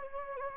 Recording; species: mosquito wingbeat signal from an infrared sensor; Anopheles gambiae